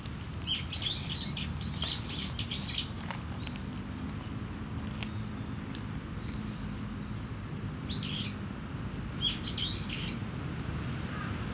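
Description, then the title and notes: Starling gives scattered grating chirps and squeaks, clustered early then sparse, against a continuous cricket tone and low city hum. Singing in a tree in Kiyosumi garden, Tokyo, Japan, with crickets and cars; binaural recording with DPA 4060 microphones and a Deity PR-2. "Kiyosumi garden, Tokyo, Japon - Starling in a tree. Starling singing in a tree, crickets, cars, helicopter, people passing by"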